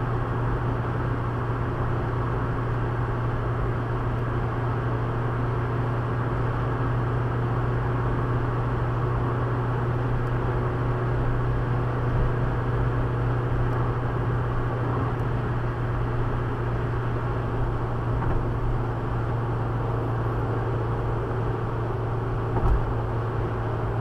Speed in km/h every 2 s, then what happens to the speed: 112, 112, 112, 114, 114, 114, 114, 114, 112, 110, 109, 108.
0-15 steady at about 114. 15-24 slows to 108.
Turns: none.